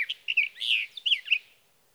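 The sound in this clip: Sage thrasher song fragment, a few quick warbled and slurred notes with one longer note in the middle.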